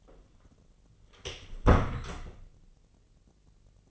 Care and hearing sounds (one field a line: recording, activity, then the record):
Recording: daily activity, microphone in the room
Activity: close door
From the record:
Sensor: 4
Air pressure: 1010.1 hPa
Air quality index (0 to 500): 195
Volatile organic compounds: 3 ppm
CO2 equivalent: 1401 ppm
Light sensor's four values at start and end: 35/84/35/37 and 37/91/37/40